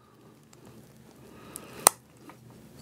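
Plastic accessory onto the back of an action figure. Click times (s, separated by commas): 1.9 s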